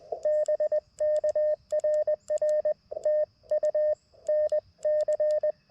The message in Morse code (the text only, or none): BK RR TU NC